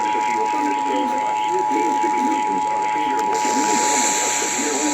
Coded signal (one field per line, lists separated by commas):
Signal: Emergency Alert System (SAME) tones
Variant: 853 and 960 Hz attention tone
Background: speech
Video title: A TOTALLY CALM MONDAY (EAS Alerts from June 13, 2022, EAS 920-973)